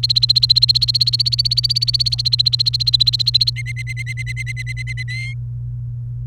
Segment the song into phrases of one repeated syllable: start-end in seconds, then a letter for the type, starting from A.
0.03-3.50 A, 3.56-5.03 B, 5.08-5.33 C